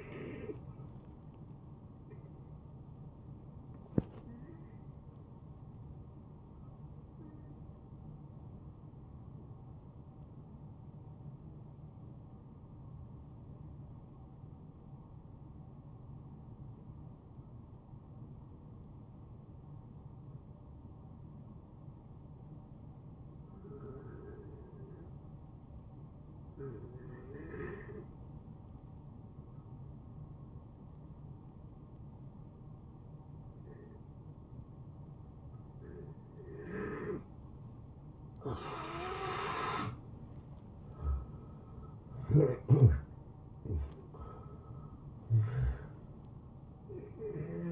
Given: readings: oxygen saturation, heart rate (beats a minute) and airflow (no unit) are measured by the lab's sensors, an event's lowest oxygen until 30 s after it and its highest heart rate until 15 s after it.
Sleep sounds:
breathing in sleep by a smartphone at the bedside; 1
3.00-40.40 s: hypopnea (N2, oxygen 92% highest, then 80% lowest, heart rate 75 at the start, 80 highest)
10.00-47.72 s: new sleep stage, N1 (lightest sleep)
From the record:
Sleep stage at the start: N2 (light sleep); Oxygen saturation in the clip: 80 to 92%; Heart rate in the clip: 65 to 76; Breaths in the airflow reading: 8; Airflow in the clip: -18.6 to 10.2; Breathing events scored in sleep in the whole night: 263 in 5.5 hours asleep

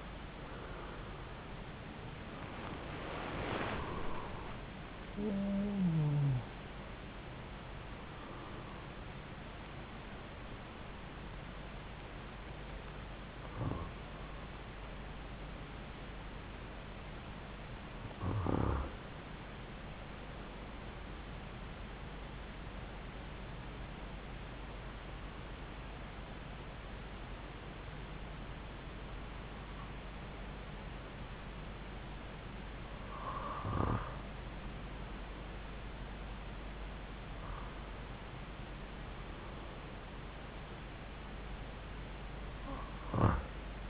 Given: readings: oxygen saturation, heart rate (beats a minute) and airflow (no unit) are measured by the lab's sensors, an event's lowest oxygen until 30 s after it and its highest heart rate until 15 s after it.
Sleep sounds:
breathing in sleep by a voice recorder at the bedside; 1
19.00-37.40 s: hypopnea (REM, oxygen 97% highest, then 94% lowest)
From the record:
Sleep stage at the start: REM sleep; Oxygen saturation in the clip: 79 to 97%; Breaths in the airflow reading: 8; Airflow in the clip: -8.8 to 9.7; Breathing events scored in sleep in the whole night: 270 in 6.1 hours asleep

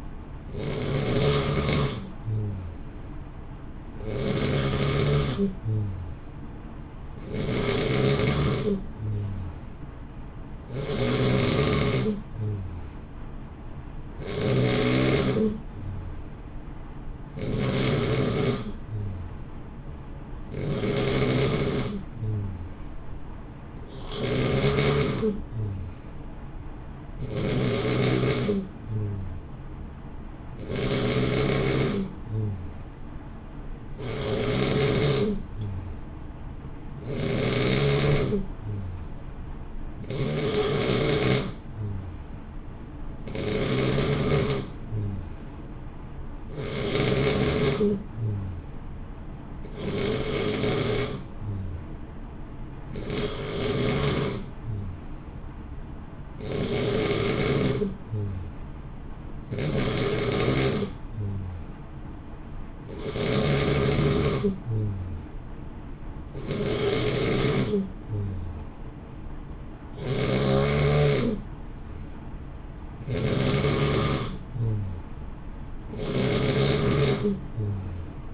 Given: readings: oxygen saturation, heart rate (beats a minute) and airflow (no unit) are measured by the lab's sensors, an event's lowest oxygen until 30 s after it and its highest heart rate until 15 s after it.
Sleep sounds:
breathing in sleep by a smartphone at the bedside; none
none scored
From the record:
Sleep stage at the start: N3 (deep sleep); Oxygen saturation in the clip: 90 to 91%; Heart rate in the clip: 56 to 63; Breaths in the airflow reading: 31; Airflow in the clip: -0.7 to 1.0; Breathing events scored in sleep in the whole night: 328 in 6.3 hours asleep

